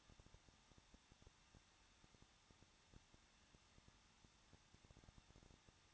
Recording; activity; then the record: daily activity, microphone in the room; no activity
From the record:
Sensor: 3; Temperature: 21.2 degrees Celsius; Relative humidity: 36.3%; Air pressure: 1006.4 hPa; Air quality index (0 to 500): 221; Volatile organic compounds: 40 ppm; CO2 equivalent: 3146 ppm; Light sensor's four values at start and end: 2/3/2/2 and 2/3/2/2